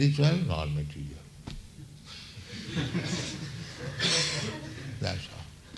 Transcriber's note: laughter